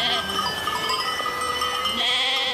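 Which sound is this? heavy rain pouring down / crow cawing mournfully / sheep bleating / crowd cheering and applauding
sheep bleating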